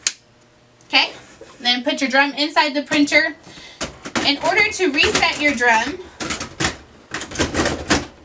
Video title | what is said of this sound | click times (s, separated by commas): Brother HL-L6200dw - How to Change Your Drum - Onyx Imaging | You'll hear it click. | 0.1 s